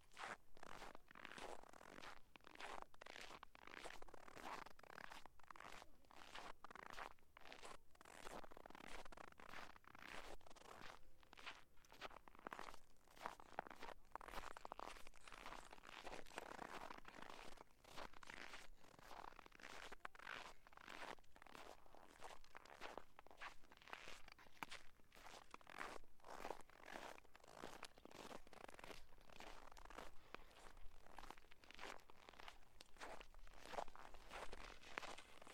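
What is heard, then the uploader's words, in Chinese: Hard-soled shoes tread on snow, each step a dry crunching squeak that fills the upper range. The steps come quickly and fairly regularly for the whole 36 seconds, crowding close together, with a low faint rumble underneath. 雪的声音。在某个暴雪的夜晚，路上车辆不多行人稀疏，我在街上走着，硬底的鞋踩在雪上发出各种声音。台阶、冰面、大理石、柏油路、水泥路以及木栈道作为承载；硬底鞋作为敲打；厚雪、薄雪、被行人脚底压实的雪、被铲雪机滚成条状的雪作为连接。哈尔滨。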